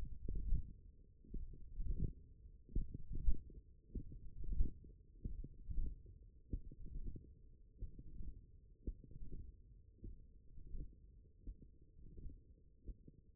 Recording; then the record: forearm muscle sounds (acoustic myography)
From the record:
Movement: hand closing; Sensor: system 1, eight BSWA MPA416 microphones around the upper forearm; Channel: 4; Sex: male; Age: 21 years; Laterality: right